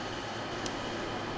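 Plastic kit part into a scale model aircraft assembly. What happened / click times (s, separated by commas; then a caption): The plastic part clicked into place / 0.7 s. A styrene part of a Tamiya 1/48 scale F-4B Phantom model aircraft kit is pressed into its location without glue, with a short sharp click at 0.7 s over a steady background hiss. The part seats in a click-into-place fit that will stay on by itself.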